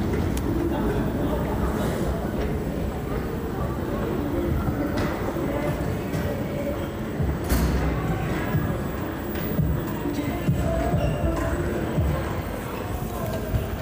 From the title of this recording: NYC public transportation mishmash